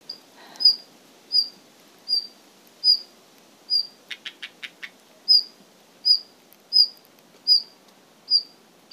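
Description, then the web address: Red-flanked bluetail calls: short high notes repeated roughly every 0.7 seconds, broken midway by a quick burst of rapid clicking notes, over a low steady background hiss. Izumino. "izumino saunndo ruribi-b 2"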